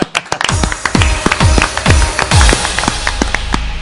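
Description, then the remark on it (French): One person claps their hands about a dozen times in a quick, steady rhythm. Each clap is a sharp, hollow smack, and the claps grow slightly softer toward the end. No one speaks. “Je m'applaudis.”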